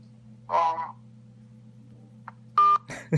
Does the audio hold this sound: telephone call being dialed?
yes